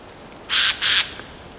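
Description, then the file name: Eurasian jay giving two harsh, raspy screeches in quick succession, each about a fifth of a second long, against a quiet background. "Garrulus glandarius"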